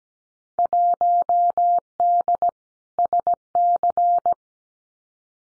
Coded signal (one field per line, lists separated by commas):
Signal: Morse code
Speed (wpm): 17 wpm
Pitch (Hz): 700 Hz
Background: none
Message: 1D SC